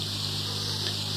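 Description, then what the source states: Bee buzzing, a steady low hum with layered tones and a constant hiss above, unbroken through the whole short stretch. Recorded at Maçanet de Cabrenys on 15 November 2020.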